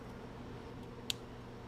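A plastic terminal lock is pushed back into an alternator plug housing, seating with a single sharp snap at 1.1 s. Apart from that click, only a steady low background hum is heard.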